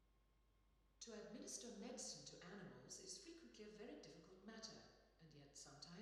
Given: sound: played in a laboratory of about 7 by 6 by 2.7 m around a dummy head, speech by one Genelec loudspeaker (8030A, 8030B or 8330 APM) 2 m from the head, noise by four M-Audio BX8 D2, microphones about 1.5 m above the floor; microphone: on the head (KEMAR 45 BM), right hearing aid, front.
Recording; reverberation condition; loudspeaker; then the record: female speech in English; high; 30 degrees to the right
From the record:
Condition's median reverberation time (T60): about 1300 ms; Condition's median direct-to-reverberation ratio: about -4.0 dB